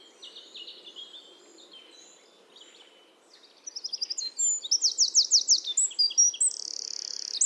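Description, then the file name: Eurasian wren song, starting with soft high notes and building from about four seconds into loud, fast, metallic trills and rattles that run to the end. "Troglodytes troglodytes"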